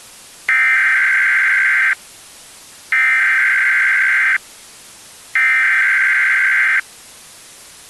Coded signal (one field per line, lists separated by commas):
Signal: Emergency Alert System (SAME) tones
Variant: header bursts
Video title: EAS Emergency: Deadly Soda (Nine EAS Alerts!)